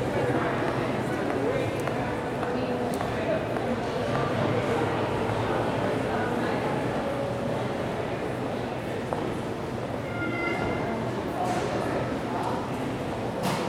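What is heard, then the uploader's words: A slow day at the market: a steady, dense murmur of many overlapping voices fills the whole stretch without pause. Brief brighter tones and short clinks surface now and then, notably near the tenth second, over a constant low rumble underneath. Slow Day at the Market.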